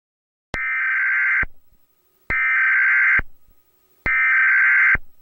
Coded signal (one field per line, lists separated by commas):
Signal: Emergency Alert System (SAME) tones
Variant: header bursts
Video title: EAS Scenario: Weather Disaster (Original)